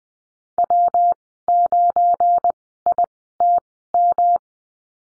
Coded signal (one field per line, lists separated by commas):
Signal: Morse code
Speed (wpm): 20 wpm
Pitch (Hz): 700 Hz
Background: none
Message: W9ITM